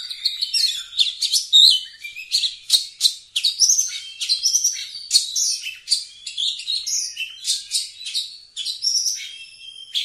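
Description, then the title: Oriental magpie-robin giving an energetic, unbroken medley of chattering notes, buzzy rasps and bright whistles. Singing actively, a style called gacor. "Kacer Gacor"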